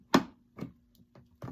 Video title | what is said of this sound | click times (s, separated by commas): Z-Flyte Luggage Scooter Product Review | you pull it up you'll hear a click | 0.2 s